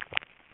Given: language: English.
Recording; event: throat vibration sensor signal played as sound; swallow